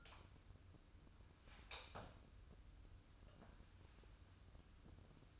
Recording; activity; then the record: daily activity, microphone in the room; light on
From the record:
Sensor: 2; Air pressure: 994.3 hPa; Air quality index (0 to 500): 215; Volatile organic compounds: 1000 ppm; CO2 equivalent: 7130 ppm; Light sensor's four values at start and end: 131/312/132/137 and 140/340/143/149